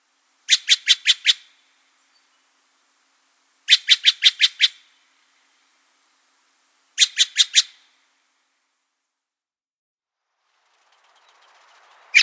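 Steller's jay calling in three quick bursts of several harsh, clipped notes each, roughly every three seconds, then the start of another call at the very end.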